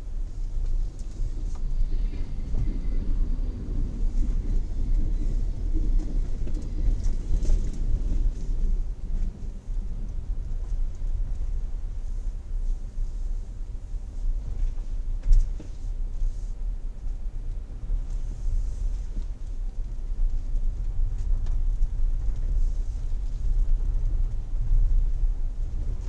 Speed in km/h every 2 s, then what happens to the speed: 8, 7, 9, 9, 10, 10, 11, 12, 12, 11, 11, 11, 12.
0-26 steady at about 11.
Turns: 6-12.